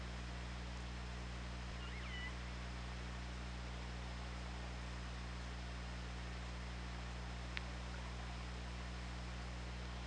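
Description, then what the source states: Orca call, a short curving squeal with a hooked, bending pitch, then a single sharp click later, all over constant low mechanical humming. OrcaLab hydrophone, underwater, 24 August 2017, 08:22.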